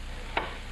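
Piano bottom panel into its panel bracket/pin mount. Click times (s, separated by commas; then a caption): 0.4 s. The bottom glass/wood panel of a piano being converted to a nickelodeon is pushed onto its mounting pin or bracket over a steady low background hum. A single sharp snap at 0.4 s marks the panel seating into place, followed by a faint softer knock near 0.7 s.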